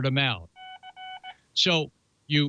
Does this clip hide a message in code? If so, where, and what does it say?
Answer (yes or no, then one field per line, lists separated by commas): no